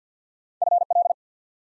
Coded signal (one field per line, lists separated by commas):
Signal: Morse code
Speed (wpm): 49 wpm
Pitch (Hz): 700 Hz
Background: none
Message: F L